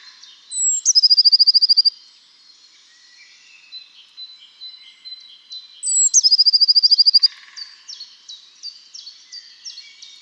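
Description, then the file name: Eurasian blue tit gives a thin descending note, then a rapid high trill lasting about a second. The phrase repeats after a pause filled with quieter chips. "Cyanistes caeruleus"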